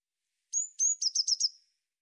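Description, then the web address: Eurasian blue tit giving a single phrase: two thin, high whistles, then a quick run of several bright notes, with nothing else audible. "cianscape birddata Deverinetal 2025 File cleaned normalized Bird Cy Ca"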